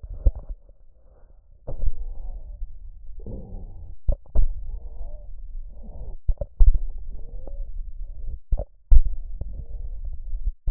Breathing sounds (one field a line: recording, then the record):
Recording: lung sounds by stethoscope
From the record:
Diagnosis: emphysema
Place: left posterior upper chest